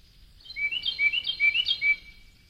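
Carolina wren singing one rapid bout of about four identical slurred phrases in quick succession, bright and ringing over faint background hiss.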